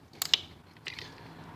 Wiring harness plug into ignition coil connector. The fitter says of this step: and we can also plug it in listen for the snap now